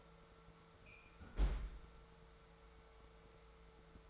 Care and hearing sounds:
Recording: daily activity, microphone in the room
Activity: close fridge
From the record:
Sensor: 3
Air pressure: 1014.9 hPa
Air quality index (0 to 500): 200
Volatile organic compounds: 29 ppm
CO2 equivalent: 2926 ppm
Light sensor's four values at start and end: 37/93/40/43 and 37/93/40/43

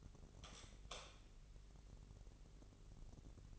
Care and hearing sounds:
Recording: daily activity, microphone in the room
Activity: light on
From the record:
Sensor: 4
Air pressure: 996.1 hPa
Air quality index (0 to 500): 69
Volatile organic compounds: 2 ppm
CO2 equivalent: 1255 ppm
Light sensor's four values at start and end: 15/33/13/13 and 17/45/17/18

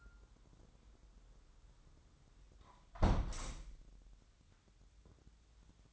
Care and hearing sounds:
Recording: daily activity, microphone in the room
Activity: close window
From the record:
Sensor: 3

